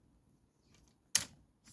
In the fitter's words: snaps back in